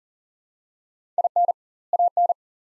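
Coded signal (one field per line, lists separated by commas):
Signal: Morse code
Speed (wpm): 40 wpm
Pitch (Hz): 700 Hz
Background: none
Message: IN AN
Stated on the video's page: Morse practice at 40 wpm, two-word sets with 2x word spacing, Farnsworth-like method using words; each set is sent, then spoken.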